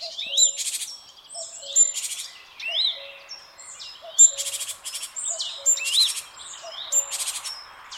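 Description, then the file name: Great tit calls: grating buzzy bursts and rising whistled notes, with a low repeated two-note call faintly below. "Parus major"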